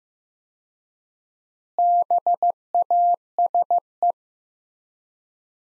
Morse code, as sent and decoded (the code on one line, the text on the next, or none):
-... .- ... .
BASE